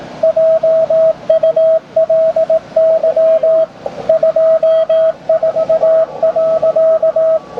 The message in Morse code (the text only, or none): JULY 24.